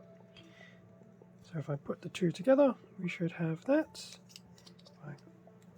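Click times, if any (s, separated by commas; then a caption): none. Two plastic halves of an action figure's spinning blade weapon accessory are handled as someone talks, with a few faint taps and rustles toward the end. Nothing has seated or clicked yet; the halves are not yet pushed home.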